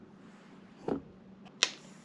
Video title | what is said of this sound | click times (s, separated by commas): DRZ400 Engine Torque Specs - Ep-5 - #drz400 #drz400sm #drz | These things will keep moving, so even though you hear the click, it'll still keep going. | 1.6 s